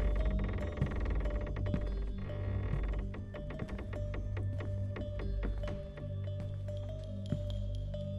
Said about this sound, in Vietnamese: Thế nhưng cánh cửa sắt đã được mở ra.